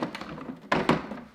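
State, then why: Seated. A plastic swing plate is pushed onto the end of an Aiper Smart AIPURY1000 cordless robotic pool cleaner's body until it snaps in place. After a few soft taps, a sharp click sounds at 0.7 s, followed by a second thunk at about 0.9 s. The swing plate is seated and installed.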